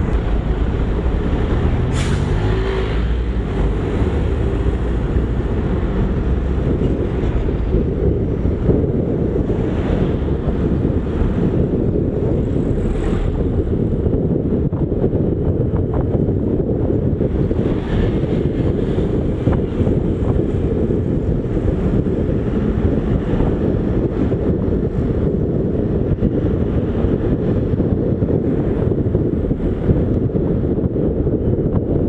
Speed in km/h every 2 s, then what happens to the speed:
3, 4, 12, 19, 24, 28, 33, 32, 33, 38, 40, 41, 40, 41, 41, 40.
2-20 speeds up to 40. 20-32 steady at about 40.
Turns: none.